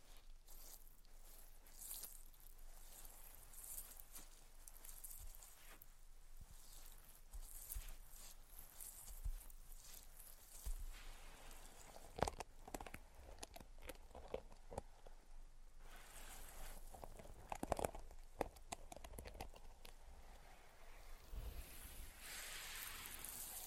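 Dense tapping and scratching with sharp irregular clicks, brighter bursts around twelve and eighteen seconds, over a soft steady hiss throughout.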